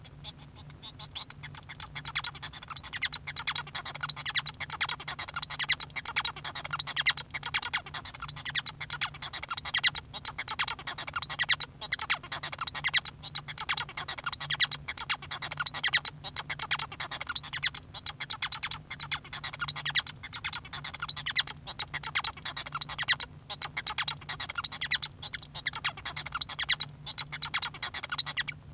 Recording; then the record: song of a male Bengalese finch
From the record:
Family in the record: son of father 1